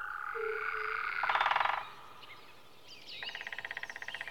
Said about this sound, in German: Aber hier sehen Sie ein paar kleinere Frösche. Die verstecken sich natürlich auch.